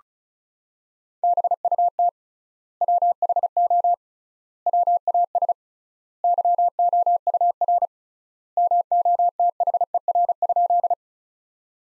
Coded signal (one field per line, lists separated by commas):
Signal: Morse code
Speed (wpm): 36 wpm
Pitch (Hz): 700 Hz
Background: none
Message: BUT WHO WAS YOUR MOTHER?